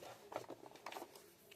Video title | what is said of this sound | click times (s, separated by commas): How to Remove and Replace Top Load Bobbin Race@sewwhatseamstress9076 | like that. Snaps in. | 0.9 s